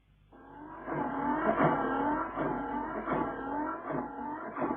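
A freshly repaired car engine revs repeatedly, its droning pitch climbing and dipping in a series of surges after a quiet start. It stays loud and steady throughout, with no voices.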